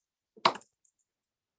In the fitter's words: the top and laterally twist them close and you will hear a click and you're jumping.